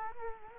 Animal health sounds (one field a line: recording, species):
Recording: mosquito wingbeat signal from an infrared sensor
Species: Culex quinquefasciatus